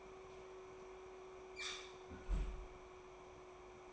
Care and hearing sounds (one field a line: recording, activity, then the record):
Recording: daily activity, microphone in the room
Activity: close fridge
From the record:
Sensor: 1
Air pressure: 1004.6 hPa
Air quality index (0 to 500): 192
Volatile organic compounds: 16 ppm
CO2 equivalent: 2537 ppm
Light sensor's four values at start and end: 5/11/4/4 and 5/11/4/4